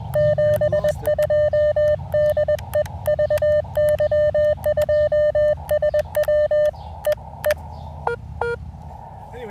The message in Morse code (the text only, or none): 72 DE VY2SW E E